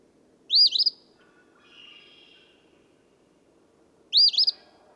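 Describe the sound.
Eastern phoebe singing two rasping, stuttered phrases about three and a half seconds apart, with a soft trill in the pause.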